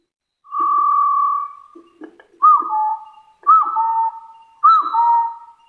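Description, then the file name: Hill partridge calling: one long steady whistle, then three two-part whistles with a sharp rising start and a lower trailing note, with faint low knocks. "Tieng ga so nui"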